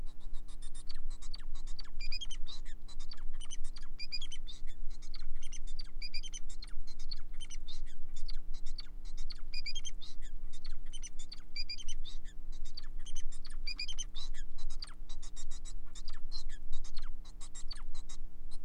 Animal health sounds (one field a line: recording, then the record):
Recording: song of a male Bengalese finch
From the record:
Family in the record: son of father 4